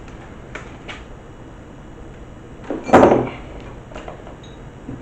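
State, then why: Not seated. A click-type torque wrench set to 55 ft-lb is used to loosen a nut on a bolt secured with old green 640 threadlocker. Soft knocks come at about 0.6 s, a louder rough burst swells from 2.7 s and peaks near 3.0 s, and a few light taps follow around 4.0 to 4.3 s. The nut turns before the wrench reaches its setting, so the wrench has not clicked.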